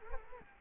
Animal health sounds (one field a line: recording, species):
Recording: mosquito wingbeat signal from an infrared sensor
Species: Culex quinquefasciatus